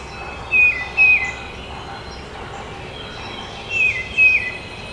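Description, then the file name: Two phrases of tufted titmouse song, each a pair of sweet whistled notes bending downward, about three seconds apart, with soft hiss behind. Recorded at Trempealeau on 12 May 2018. "2018-05-12 TUTI-Trempealeau"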